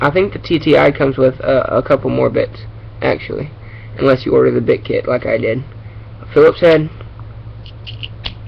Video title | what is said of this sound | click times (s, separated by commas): Leatherman Charge TTI | flathead, and they both lock into place. | 8.0 s, 8.3 s